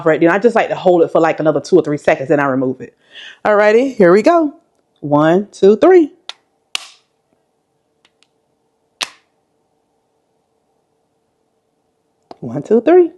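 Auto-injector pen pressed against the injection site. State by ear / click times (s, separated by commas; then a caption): seated / 6.8 s, 9.0 s. Someone talks and counts to three, then the purple button of an unlocked Zepbound auto-injector pen, pressed against the skin at the injection site, gives a sharp click at 6.8 s. A second sharp click follows at 9.0 s as the needle retracts into the pen, and someone talks again near the end.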